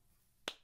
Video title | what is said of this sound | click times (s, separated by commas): Making Bagel Boards, The Mystery Solved | pop okay and you know it's locked in there all right that's how you do the staple gun | 0.5 s